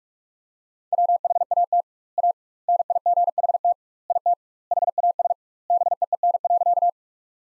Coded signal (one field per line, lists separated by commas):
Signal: Morse code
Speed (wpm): 41 wpm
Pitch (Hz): 700 Hz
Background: none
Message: WHAT A NIGHT IT HAS BEEN.